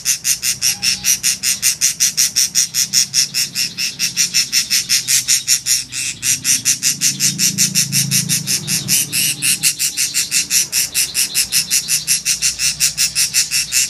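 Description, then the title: Oriental magpie-robin singing a long, steady series of rapid scratchy high notes, with a faint low hum underneath. Champion-grade bird in full, lively song. "Kacer Juara Gacor"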